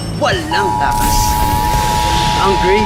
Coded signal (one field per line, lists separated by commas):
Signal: Emergency Alert System (SAME) tones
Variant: 853 and 960 Hz attention tone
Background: speech, music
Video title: Philippine EAS Scenario - Chinese Invasion on the Philippines